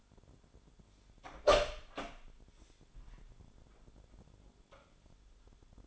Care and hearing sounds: daily activity, microphone in the room; open door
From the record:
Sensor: 5

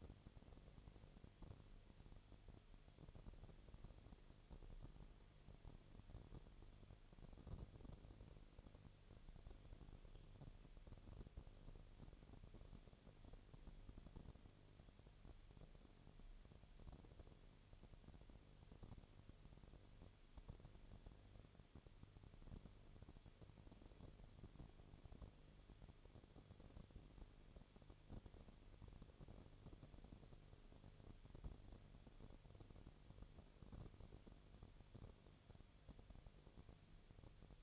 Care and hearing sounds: daily activity, microphone in the room; no activity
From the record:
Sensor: 4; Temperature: 22.4 degrees Celsius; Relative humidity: 31.1%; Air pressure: 1004.1 hPa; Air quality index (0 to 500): 85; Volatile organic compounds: 1 ppm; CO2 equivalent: 770 ppm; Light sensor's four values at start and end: 2/3/1/1 and 2/3/1/1

